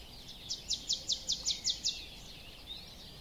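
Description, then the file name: Marsh tit calling, a quick series of several high, sharp notes over about one and a half seconds. "Poecile palustris"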